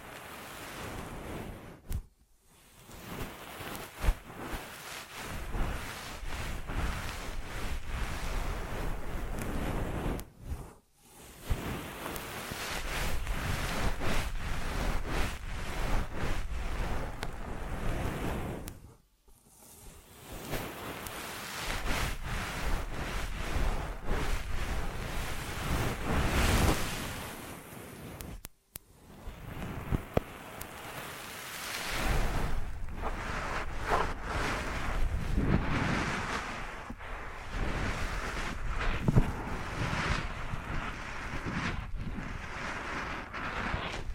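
Ear massage sounds: a dense, rough rubbing and rustling that fills everything from deep rumble to bright hiss, swelling and easing like surf. The rubbing stops briefly around 2, 11, 19 and 28 seconds, then resumes with a slightly brighter, scratchier texture near the end.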